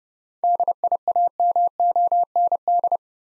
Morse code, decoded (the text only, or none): DIAMOND